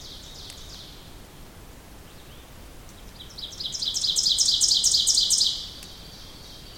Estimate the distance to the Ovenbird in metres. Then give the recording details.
about 15 m. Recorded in boreal forest in Alberta, Canada, on 2 June 2016 at 07:13. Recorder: SongMeter 3, array SBT-3-7. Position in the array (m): 44 m, 158 m. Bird 4